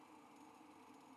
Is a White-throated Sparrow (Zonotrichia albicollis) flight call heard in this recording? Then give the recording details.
no. No flight call is heard. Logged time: 03:23 on 5 December 2014